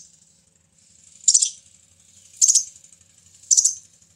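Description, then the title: Sunbird giving three buzzy, high chirp bursts about one second apart over a faint continuous high hiss. "kicau kolibri"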